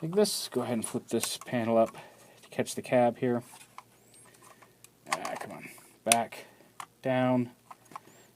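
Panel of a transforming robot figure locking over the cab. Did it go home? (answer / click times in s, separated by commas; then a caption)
yes / 8.0 s. Someone talks while the die-cast metal/plastic panel of a transforming robot figure is flipped up to catch the cab, then flipped back down over the cab and pressed, with small handling taps along the way. The panel snaps into place with a sharp click at 8.0 s, locking it over the cab, confirmed as seated.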